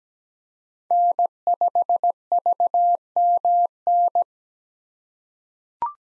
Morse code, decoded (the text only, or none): N5VMN